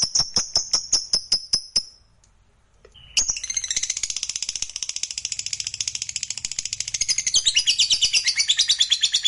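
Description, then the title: Lovebird song: a few sharp, evenly spaced high chirps, a short pause, then a rapid, shrill chattering run that grows louder toward the end. Fighter lovebird singing energetically (gacor). "Berkat SUARA Lovebird FIGHTER GACOR Ini"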